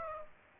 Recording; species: mosquito wingbeat signal from an infrared sensor; Aedes aegypti